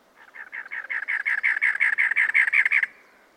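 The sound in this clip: Cactus wren giving a rapid string of grating, churring notes, building in loudness and ending sharply.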